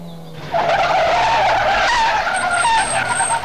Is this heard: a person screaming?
no